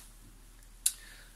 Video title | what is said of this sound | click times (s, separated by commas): Comment bien choisir sa chaudière à condensation OERTLI ou DEDIETRICH | est un peu plus qui est ce qui se clipse directement sur la platine électronique voilà | 0.9 s